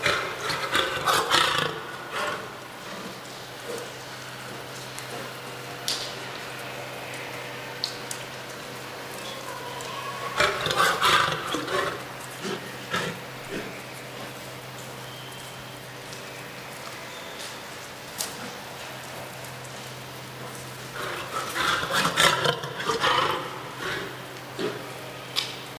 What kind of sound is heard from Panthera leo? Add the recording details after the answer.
call. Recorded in captivity. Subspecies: persica. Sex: group. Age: diverse. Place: Tierpark Berlin, Berlin, DE. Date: 1983-12-24 11:15. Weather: sunny, 1-3°C, no wind. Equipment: Nagra SN, Sennheiser MKH 416 T, Kopie Uher 4000 Report Monitor. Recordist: Tembrock, Günter